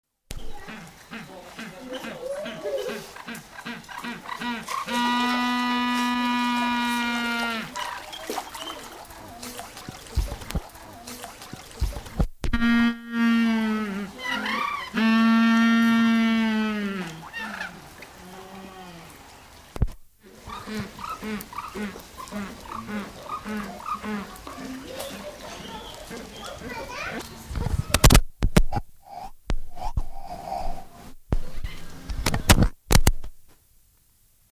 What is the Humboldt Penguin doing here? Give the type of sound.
call